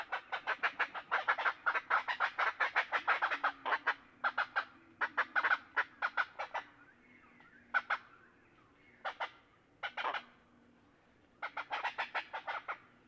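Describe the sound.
Great-tailed grackle producing long fast trains of dry clicking notes, broken by pauses, with a low continuous hum beneath.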